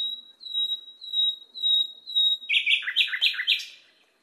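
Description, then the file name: Nightingale song: a string of pure, sustained whistles, then a rapid run of full notes. Masteran: a training recording played to cage birds so they learn the song. "suara masteran nightingale"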